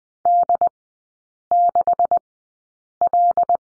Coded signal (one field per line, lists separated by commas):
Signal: Morse code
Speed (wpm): 20 wpm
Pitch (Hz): 700 Hz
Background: none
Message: D6L